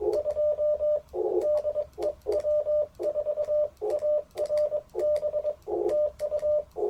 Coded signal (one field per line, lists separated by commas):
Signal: Morse code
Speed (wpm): 23 wpm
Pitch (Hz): 590 Hz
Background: none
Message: 2 DE W4ARB TU